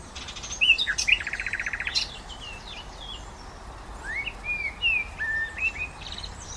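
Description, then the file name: Common nightingale song: a rapid rattling run of repeated notes, then a pause and a string of varied whistled and chirped phrases over faint background hiss. "Luscinia megarhynchos"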